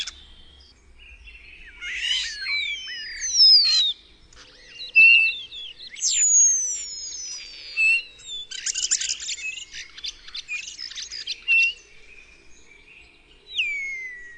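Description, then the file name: Common starling song: a rambling series of sliding whistles, buzzy rattles and clicking notes, ending with a drawn-out falling whistle. "SZPAK"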